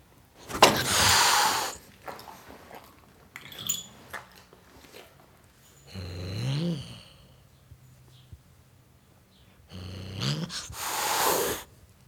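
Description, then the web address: Domestic cat hissing in two loud, breathy bursts, at the start and near the end, with a low moaning sound between them. Male tom cat hissing at a dog. "The BBC Sound Effects Library - Complete 60 CDs Collection Sound Effects Library-44 (Cats) Tom Cat Hissing At Dog"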